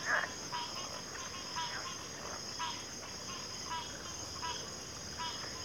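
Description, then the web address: Crickets keep up a continuous high, even trill throughout, with scattered short croaks from other callers below it. Cricket chorus at a backwater. "WLL Grade 1-12 Pre-Uni Library Natures Songs Sleep Sounds of Nature CRICKETS Backwater Chorus"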